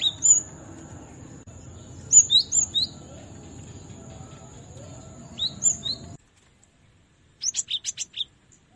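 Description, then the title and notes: Cinereous tit song: short bursts of high, sharp, twisting chirps, with a steady high tone and low hum beneath that cut out, followed by a quick run of high notes. Used for training songbirds. "Masteran Gelatik Batu. burung gelatik"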